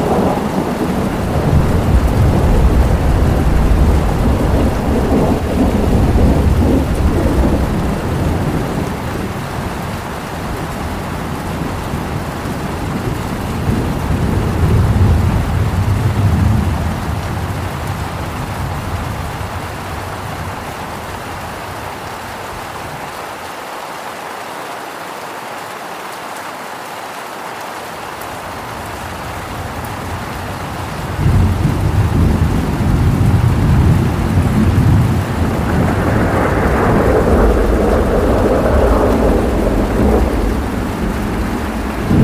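Steady rain hisses throughout over a deep, rolling rumble of thunder that swells around five and fifteen seconds, fades to a quieter wash near the middle, then returns strongly after thirty seconds. A brighter rushing layer rises briefly around thirty-six seconds.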